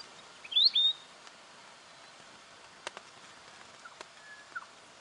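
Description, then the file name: Weebill song: a loud, high whistled phrase of two sliding notes near the start, followed by a few faint, scattered chips over quiet background hiss. "canto do gerigono de bico curto"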